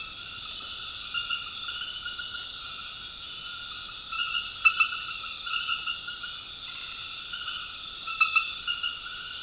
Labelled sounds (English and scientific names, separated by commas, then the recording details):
none
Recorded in dense forest near Puerto Asís, Putumayo, Colombia, on 12 March 2025 at 21:00
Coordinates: 0.484, -76.325
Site G045